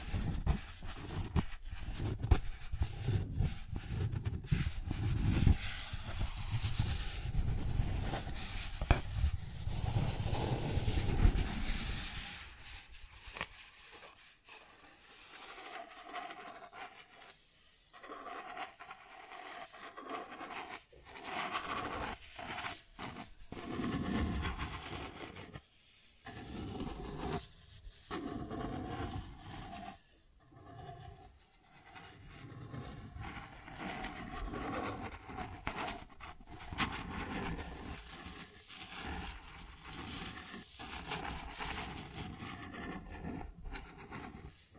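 Cardboard being scratched and rubbed, with a dense, rough rush that is loud and full in the low end for the first twelve seconds. After that the scraping turns lighter and thinner, broken into short strokes and pauses, with a faint steady hum underneath.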